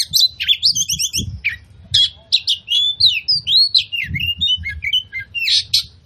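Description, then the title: Oriental magpie-robin song full of bright slurred whistles and chattery trills, fast and varied, with soft low thumps in the background. Kacer song used as a provocation track to make other magpie-robins fight, spread their tails and display; described as loud, continuous bursts (tembakan), gacor plong. "KACER NGOTOT FULL TEMBAKAN. Pancingan Kacer Gacor Plong Plongan Buat Kacer Lain Auto Emosi Buka Ekor Ngobra"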